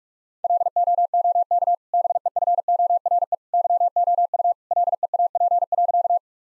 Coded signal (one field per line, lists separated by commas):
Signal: Morse code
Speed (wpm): 46 wpm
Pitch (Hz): 700 Hz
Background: none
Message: LOOK BEFORE YOU LEAP.